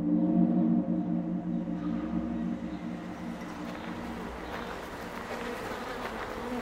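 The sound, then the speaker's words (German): A dense, steady drone of a honeybee colony of 50,000 bees kept at the Bundestag, collecting honey, humming together in a low, layered buzz that stays continuous and fairly loud throughout. “Das sind die Bienen aus dem Bundestag, 50.000 Bienen.”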